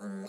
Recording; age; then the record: pig call; piglet (1 to 25 days)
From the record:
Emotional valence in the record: negative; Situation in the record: short isolation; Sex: male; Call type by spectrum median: low-frequency call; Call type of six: mixed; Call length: 0.29 s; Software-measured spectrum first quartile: 199 Hz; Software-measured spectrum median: 333 Hz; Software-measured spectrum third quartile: 908 Hz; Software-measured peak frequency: 206 Hz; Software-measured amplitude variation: 61 dB a second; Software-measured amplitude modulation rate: 11.9 a second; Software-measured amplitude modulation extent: 5.1 dB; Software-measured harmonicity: 7.5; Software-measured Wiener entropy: -0.92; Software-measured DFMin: 943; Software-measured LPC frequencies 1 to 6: 1489, 4305, 5064, 6530, 7452, 8378 Hz